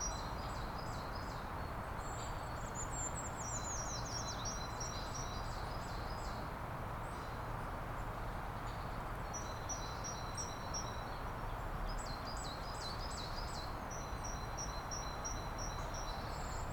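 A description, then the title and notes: High, thin bird calls repeat in short trilling bursts over a steady low rushing wind that fills the whole recording without change. Nature Sounds: Birds & Wind. Bird songs and gentle winds.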